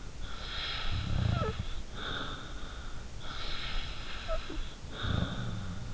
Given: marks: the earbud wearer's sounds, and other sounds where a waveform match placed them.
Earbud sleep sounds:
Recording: sounds in sleep by an in-ear microphone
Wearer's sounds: snoring breath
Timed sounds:
0.29-2.90 s: snoring breath
0.85-1.76 s: sound from someone else or the room
3.21-5.94 s: snoring breath
4.86-5.94 s: sound from someone else or the room

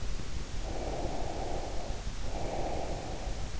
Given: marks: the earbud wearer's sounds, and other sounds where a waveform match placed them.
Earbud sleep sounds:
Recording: sounds in sleep by an in-ear microphone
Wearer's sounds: breath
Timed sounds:
0.55-3.44 s: breath

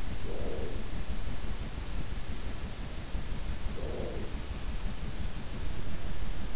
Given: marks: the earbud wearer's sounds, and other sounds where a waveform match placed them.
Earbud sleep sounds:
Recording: sounds in sleep by an in-ear microphone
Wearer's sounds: breath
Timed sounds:
0.00-1.18 s: breath
3.36-4.63 s: breath

